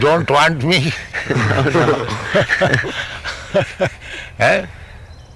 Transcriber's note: laughs